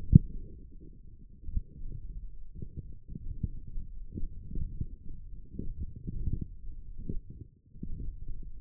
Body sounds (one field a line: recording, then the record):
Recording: forearm muscle sounds (acoustic myography)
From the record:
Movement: forearm supination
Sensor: system 1, eight BSWA MPA416 microphones around the upper forearm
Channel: 4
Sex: male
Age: 42 years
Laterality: right